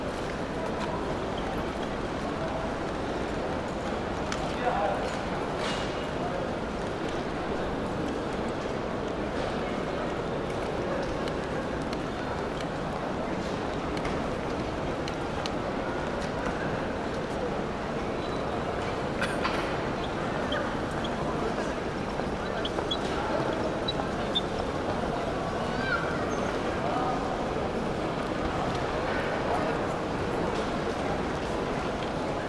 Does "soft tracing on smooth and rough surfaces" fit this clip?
no